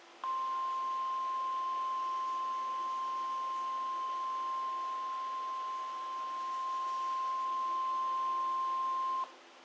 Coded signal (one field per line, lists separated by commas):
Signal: Emergency Alert System (SAME) tones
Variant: 1050 Hz attention tone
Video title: Required Weekly Test EAS #93